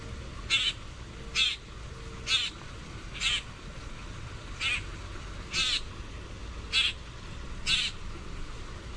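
Common grackle giving eight brief, harsh chack notes spaced roughly a second apart over steady background noise.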